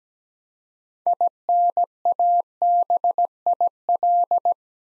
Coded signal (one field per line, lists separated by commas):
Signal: Morse code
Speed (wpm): 17 wpm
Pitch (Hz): 700 Hz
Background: none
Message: INABIL